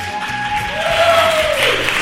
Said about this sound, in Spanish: Y tenemos muchas novedades, ya que hoy, por primera vez, estamos en antena en Radio Almaina. Así que un aplauso.